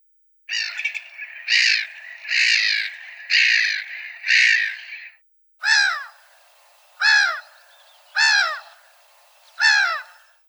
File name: Chroicocephalus ridibundus